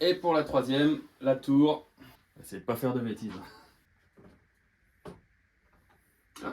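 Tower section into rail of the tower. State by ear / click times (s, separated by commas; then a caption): seated / 5.1 s, 6.4 s. Someone talks while the third section of a plastic brick tower is slid onto the tower's rail. Two small front clips fix in place with clicks at 5.1 s and 6.4 s, and the section is seated.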